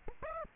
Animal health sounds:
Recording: mosquito wingbeat signal from an infrared sensor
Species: Aedes aegypti

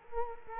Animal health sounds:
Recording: mosquito wingbeat signal from an infrared sensor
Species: Culex quinquefasciatus

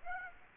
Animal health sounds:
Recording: mosquito wingbeat signal from an infrared sensor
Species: Aedes aegypti

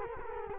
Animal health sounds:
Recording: mosquito wingbeat signal from an infrared sensor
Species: Culex quinquefasciatus

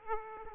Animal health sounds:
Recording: mosquito wingbeat signal from an infrared sensor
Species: Aedes aegypti

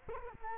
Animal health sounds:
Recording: mosquito wingbeat signal from an infrared sensor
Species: Culex quinquefasciatus

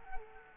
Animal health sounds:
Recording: mosquito wingbeat signal from an infrared sensor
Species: Culex quinquefasciatus

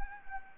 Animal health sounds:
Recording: mosquito wingbeat signal from an infrared sensor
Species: Anopheles gambiae

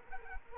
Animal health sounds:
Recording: mosquito wingbeat signal from an infrared sensor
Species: Culex quinquefasciatus

